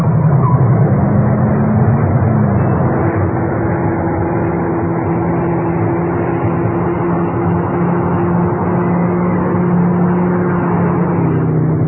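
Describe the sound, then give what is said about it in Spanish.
A white sports car's engine roars steadily at high speed during a chase, with a sustained low drone and a rising whine held for several seconds, loud and continuous throughout without any voices. “El extraño señor Smith conducía su auto a gran velocidad seguido de Calimán.”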